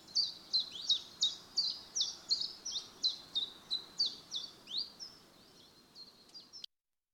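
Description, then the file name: Common chiffchaff singing a steady chiff-chaff series of high, clipped notes, roughly three each second, trailing off before the sound cuts out abruptly. "Tjiftjaf"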